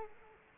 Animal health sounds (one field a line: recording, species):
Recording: mosquito wingbeat signal from an infrared sensor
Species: Culex quinquefasciatus